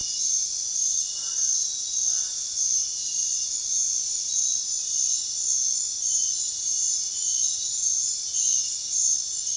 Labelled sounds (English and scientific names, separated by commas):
none